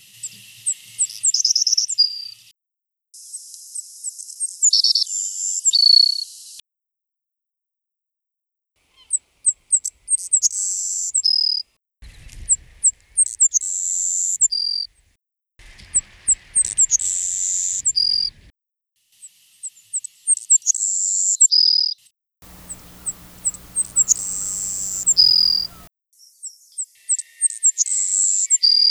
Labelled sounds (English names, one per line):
Savannah Sparrow song